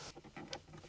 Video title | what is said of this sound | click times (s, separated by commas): 71 BMW 2002 Heater Box Installation | snaps back on. | 0.5 s